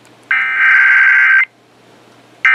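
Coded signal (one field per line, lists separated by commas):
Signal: Emergency Alert System (SAME) tones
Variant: header bursts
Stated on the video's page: EAS alerts recorded during a severe weather event with tornado warnings in southern New England.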